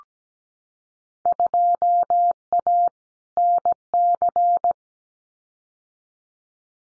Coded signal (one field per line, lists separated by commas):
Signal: Morse code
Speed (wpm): 17 wpm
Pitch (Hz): 700 Hz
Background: none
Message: 2A NC